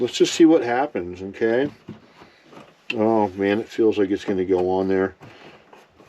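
A cover plate is pressed onto the pins of a Midnite Solar ePanel (MN125DIY-120S) solar electrical distribution panel, with the plate's two rear holes lined up on the panel's two protruding pins. Someone talks throughout, with faint handling sounds between the words. The plate has not snapped into place yet; nothing has seated or clicked by the end of the clip.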